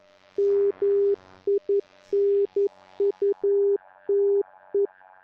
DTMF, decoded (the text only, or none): none